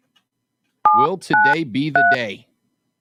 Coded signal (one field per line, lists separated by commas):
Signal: DTMF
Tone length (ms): 220 ms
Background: speech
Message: 793